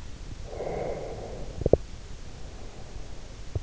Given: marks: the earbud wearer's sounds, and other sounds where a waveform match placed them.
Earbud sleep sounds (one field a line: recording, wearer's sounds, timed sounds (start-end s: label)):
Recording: sounds in sleep by an in-ear microphone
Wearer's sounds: breath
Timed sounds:
0.43-3.47 s: breath